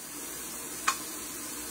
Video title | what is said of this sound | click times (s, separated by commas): Urban Trend Orbit Rolling Gadget Live Review | avoid your fingers and then click it click like so so it clicks into place | 0.9 s